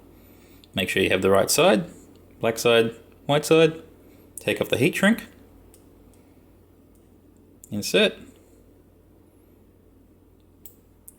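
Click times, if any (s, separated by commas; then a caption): 10.7 s, 11.1 s. Someone talks while a crimped metal pin terminal on a sleeved PC power supply cable is pushed into a plastic connector housing. Small clicks are heard at 10.7 s and 11.1 s as the pin seats firmly in the housing.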